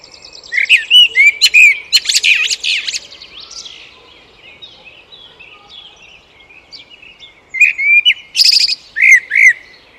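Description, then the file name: Eurasian blackbird singing two loud phrases, each starting with low mellow fluted warbles and ending in squeaky high twitters, with quieter twittering in the pause between them. "Turdus merula"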